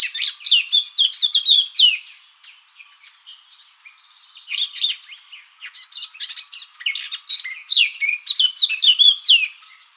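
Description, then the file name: Eurasian blackcap song: two rich, hurried warbling phrases of varied scratchy and fluty notes, the first about two seconds long and the second longer after a short pause. "Sylvia atricapilla"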